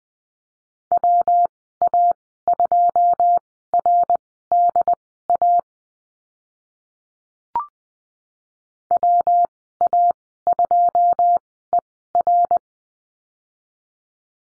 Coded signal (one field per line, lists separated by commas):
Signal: Morse code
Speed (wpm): 20 wpm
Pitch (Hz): 700 Hz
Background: none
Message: WA2RDA WA2ER